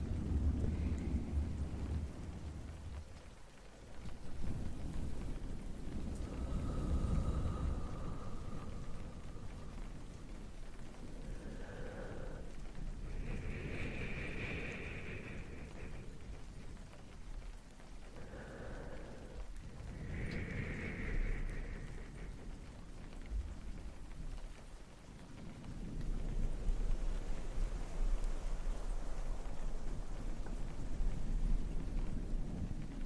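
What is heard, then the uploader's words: Soft, dense rustling and low rumbling fill the recording as a fluffy mic is brushed, with heavier swells near the start and end. Brief bright whistling tones rise around 12–21 seconds, and a steady rain-like hiss sits beneath, dipping briefly near 4 and 25 seconds. Face brushing, fluffy mic, rain.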